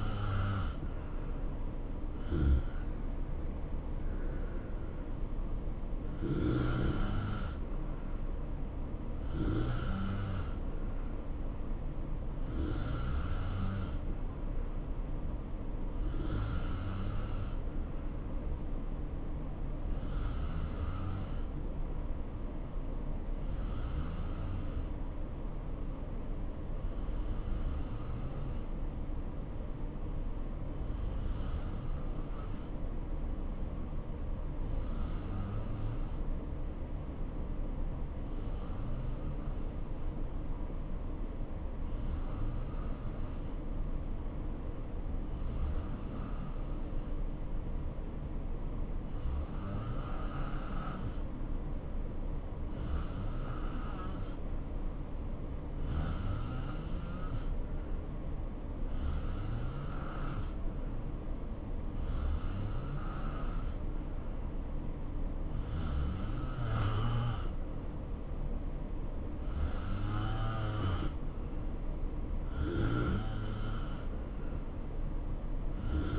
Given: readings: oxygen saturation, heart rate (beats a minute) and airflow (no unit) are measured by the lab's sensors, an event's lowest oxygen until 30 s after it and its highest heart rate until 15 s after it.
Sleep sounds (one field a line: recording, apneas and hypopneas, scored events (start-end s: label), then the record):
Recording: breathing in sleep by a smartphone at the bedside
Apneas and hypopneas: 1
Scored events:
22.00-61.40 s: hypopnea (N2, oxygen 93% highest, then 87% lowest, heart rate 66 at the start, 69 highest)
From the record:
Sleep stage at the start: N2 (light sleep)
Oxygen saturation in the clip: 86 to 93%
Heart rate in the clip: 62 to 72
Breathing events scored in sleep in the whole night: 277 in 7.4 hours asleep